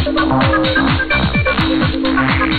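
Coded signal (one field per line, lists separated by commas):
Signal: none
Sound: beeps in electronic music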